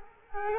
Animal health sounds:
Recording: mosquito wingbeat signal from an infrared sensor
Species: Culex quinquefasciatus

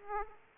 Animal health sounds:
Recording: mosquito wingbeat signal from an infrared sensor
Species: Aedes aegypti

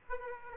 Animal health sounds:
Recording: mosquito wingbeat signal from an infrared sensor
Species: Aedes aegypti

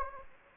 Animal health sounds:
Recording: mosquito wingbeat signal from an infrared sensor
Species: Anopheles gambiae

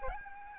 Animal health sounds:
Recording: mosquito wingbeat signal from an infrared sensor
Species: Aedes albopictus

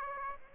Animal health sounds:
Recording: mosquito wingbeat signal from an infrared sensor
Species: Aedes aegypti

